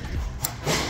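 A plastic engine cover is installed over the high-pressure fuel pump area on a Chevy Equinox/GMC Terrain, and its clip is pressed home onto the engine bracket. Over low rubbing and handling noise, one sharp snap at 0.4 s confirms the clip is seated.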